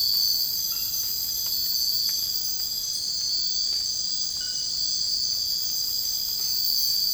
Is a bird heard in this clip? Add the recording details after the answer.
no. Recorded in dense forest near Puerto Asís, Putumayo, Colombia, on 19 February 2024 at 04:00. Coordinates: 0.485, -76.325. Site G6429